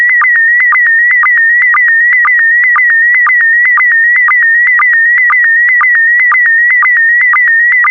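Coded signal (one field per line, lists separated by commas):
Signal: SSTV (slow-scan television)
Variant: PD120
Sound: steady warbling high tone with a regular short low blip about twice a second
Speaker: transmission complete you can now check your decoded image against the picture that is shown on the video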